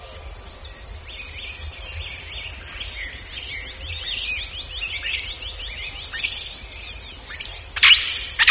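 Bird giving a series of short high chirps in quick succession, over steady hiss and low background rumble.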